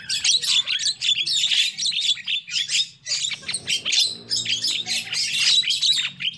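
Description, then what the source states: Lovebird chatter, high shrill squeaks and twitters in dense bursts separated by brief pauses, over a low background hum. Lure call used for trapping lovebirds.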